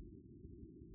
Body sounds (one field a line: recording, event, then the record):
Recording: neck accelerometer signal played as sound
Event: no cough (speech, laughter, throat clearing or background)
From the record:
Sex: male